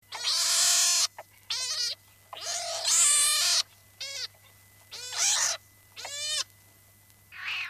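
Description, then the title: Pine marten giving harsh, wavering squealing calls, about seven bursts of varying length, some long and rasping, others shorter and more tonal, with a steady low hum beneath. "Viikon luontoääni: Näätä"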